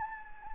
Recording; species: mosquito wingbeat signal from an infrared sensor; Anopheles gambiae